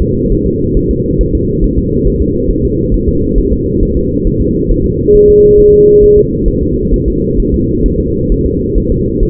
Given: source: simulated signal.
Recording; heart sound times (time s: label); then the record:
fetal heart sounds
0.02 s: S2
0.32 s: S1
0.47 s: S2
0.77 s: S1
0.91 s: S2
1.21 s: S1
1.35 s: S2
1.64 s: S1
1.78 s: S2
2.07 s: S1
2.22 s: S2
2.51 s: S1
2.65 s: S2
2.94 s: S1
3.09 s: S2
3.38 s: S1
3.53 s: S2
3.83 s: S1
3.97 s: S2
4.27 s: S1
4.41 s: S2
4.72 s: S1
4.86 s: S2
5.16 s: S1
5.30 s: S2
5.59 s: S1
5.74 s: S2
6.04 s: S1
6.18 s: S2
6.48 s: S1
6.63 s: S2
6.94 s: S1
7.08 s: S2
7.40 s: S1
7.54 s: S2
7.86 s: S1
8.00 s: S2
8.32 s: S1
8.46 s: S2
8.78 s: S1
8.92 s: S2
9.23 s: S1
From the record:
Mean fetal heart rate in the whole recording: 135 bpm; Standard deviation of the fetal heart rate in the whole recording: 3 bpm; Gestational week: 36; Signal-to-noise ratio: -10.2 dB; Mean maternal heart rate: 72 bpm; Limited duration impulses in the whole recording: present